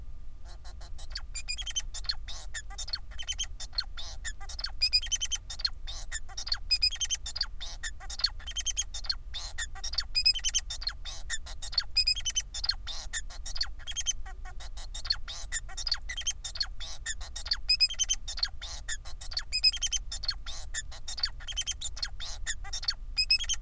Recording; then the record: song of a male Bengalese finch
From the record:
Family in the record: son of father 4